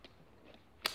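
A plastic attachment clip on a knife sheath is pushed onto its mount, with small fasteners that snap into place. Two faint ticks at about 0.1 s and 0.5 s come before a sharp, bright snap at 0.9 s, when the clip seats.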